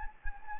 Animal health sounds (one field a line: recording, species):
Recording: mosquito wingbeat signal from an infrared sensor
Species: Anopheles gambiae